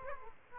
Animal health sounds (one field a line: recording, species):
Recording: mosquito wingbeat signal from an infrared sensor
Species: Aedes aegypti